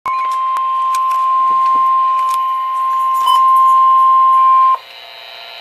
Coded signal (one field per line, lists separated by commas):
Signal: Emergency Alert System (SAME) tones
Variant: 1050 Hz attention tone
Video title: EAS #118 Severe Thunderstorm Warning 8/7/14 4:15PM